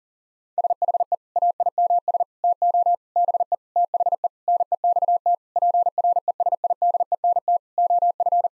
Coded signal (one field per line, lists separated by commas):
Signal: Morse code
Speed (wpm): 40 wpm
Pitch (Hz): 700 Hz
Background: none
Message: SHE AIMS TO BE THE NEXT PRESIDENT OF